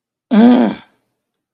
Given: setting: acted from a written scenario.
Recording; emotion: vocal sound without words; anger